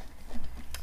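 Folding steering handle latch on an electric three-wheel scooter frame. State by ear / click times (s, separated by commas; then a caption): seated / 0.8 s. The folding steering handle on a CycleBoard Rover G2 electric three-wheel scooter is lowered after its quick-fold release on the steering column is pressed in. A single short, sharp click at 0.8 s marks the fold latch engaging, seating the handle in place so it stays put for transport.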